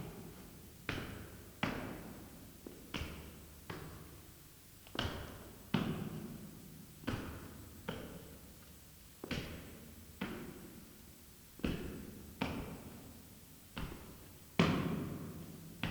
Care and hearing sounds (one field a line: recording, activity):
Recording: daily activity, guitar pickup as the sensor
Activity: go downstairs